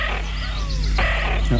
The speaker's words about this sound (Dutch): Ja, ik denk dat dat een... ik denk dat dat een wulp is. Maar, of een, sorry, een fuut. Maar, ja, helemaal goed, heer.